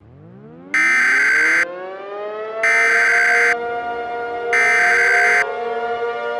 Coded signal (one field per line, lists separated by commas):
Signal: Emergency Alert System (SAME) tones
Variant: header bursts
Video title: Hanazuki: Full Of Treasures Full EAS Scenario